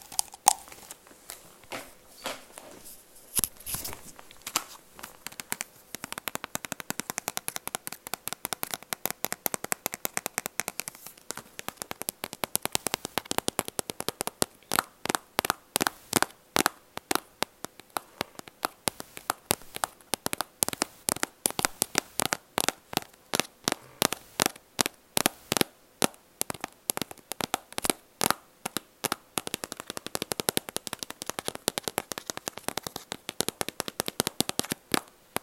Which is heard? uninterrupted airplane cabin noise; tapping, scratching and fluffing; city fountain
tapping, scratching and fluffing